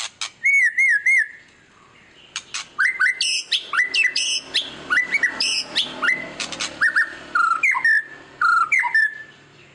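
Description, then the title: White-rumped shama song: wavering whistles, harsh chatter bursts and sweeping notes in a lively, varied sequence. Used as a lure to make other birds respond; described as gacor, a bird singing constantly. "PANCINGAN MEWAH MURAI BATU GACOR, SEKALI DENGAR AMPUH LANGSUNG RESPON"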